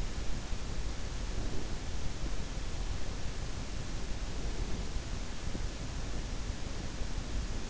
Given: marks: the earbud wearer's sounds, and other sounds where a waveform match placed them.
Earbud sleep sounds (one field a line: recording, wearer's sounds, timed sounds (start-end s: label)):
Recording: sounds in sleep by an in-ear microphone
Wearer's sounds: breath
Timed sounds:
1.15-1.99 s: breath